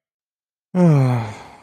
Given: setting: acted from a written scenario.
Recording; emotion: vocal sound without words; sadness